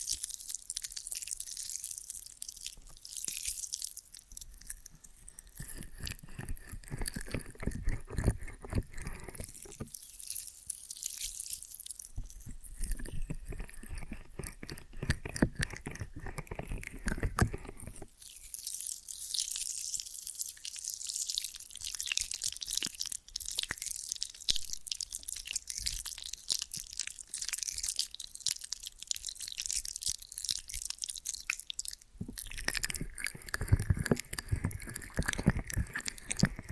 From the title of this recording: Ear & Scalp Massage and Cleaning